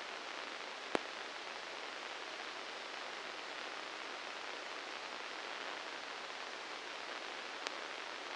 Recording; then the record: brain microelectrode recording played as sound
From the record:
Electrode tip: inside the subthalamic nucleus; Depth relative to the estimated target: -2 mm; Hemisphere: left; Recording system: NeuroSet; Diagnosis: Parkinson's disease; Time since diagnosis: 19 years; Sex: female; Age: 69 years